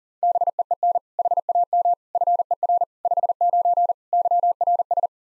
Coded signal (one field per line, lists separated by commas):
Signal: Morse code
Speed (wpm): 40 wpm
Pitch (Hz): 700 Hz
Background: none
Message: BEEN HAM FER 59 YRS